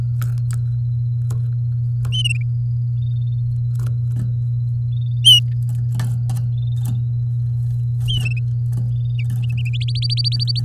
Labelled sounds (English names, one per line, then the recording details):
Domestic Canary song
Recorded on 8 May 2018 at 09:06
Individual llb16